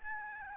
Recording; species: mosquito wingbeat signal from an infrared sensor; Aedes albopictus